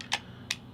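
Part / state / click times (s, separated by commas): battery door on a vape box mod / released / 0.5 s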